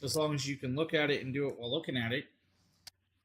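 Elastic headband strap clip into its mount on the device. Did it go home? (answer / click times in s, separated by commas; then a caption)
yes / 2.9 s. A removable elastic headband strap is slid back down onto its mount on the device while someone talks. After the talking stops, a short sharp click at 2.9 s marks the strap clip popping into place, seated.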